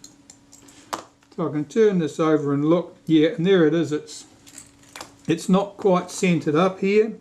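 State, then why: Not seated. An internal assembly part sits in a Reflex IV camera body during reassembly and is handled while it is still not quite centred. Someone talks over faint light taps and handling ticks near the start and around 4.5 to 5.0 seconds. Nothing has seated or clicked into place yet.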